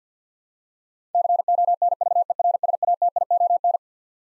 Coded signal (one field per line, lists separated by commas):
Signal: Morse code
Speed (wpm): 50 wpm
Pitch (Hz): 700 Hz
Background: none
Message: CONVERSATION